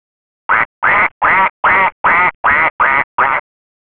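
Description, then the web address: Duck giving a run of eight rasping quacks, evenly spaced at roughly two and a half per second, against a silent background. "letslisten Duck"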